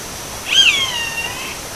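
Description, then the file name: Roadside hawk call: a single drawn-out, nasal, mewing scream that starts high and slides gently downward over about a second, against steady faint hiss. Recorded in Uruguay on 17 April 2013. "Rupornis-magnirostris-Lag Diario-UY-17-4-13-ASilveira"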